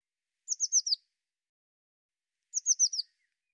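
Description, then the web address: Bird call: two bursts of four thin, high notes sliding downward, about two seconds apart, otherwise quiet. "cianscape birddata Deverinetal 2025 File cleaned normalized Bird Cy Ca"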